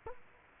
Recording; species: mosquito wingbeat signal from an infrared sensor; Culex quinquefasciatus